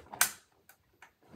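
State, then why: Seated. A monitor stand mount piece is hooked onto the back of a new computer monitor and snaps into its slot with a sharp, bright click at 0.2 s. A few much fainter ticks follow at about 0.7, 1.0 and 1.4 s. The mount is seated firmly in place.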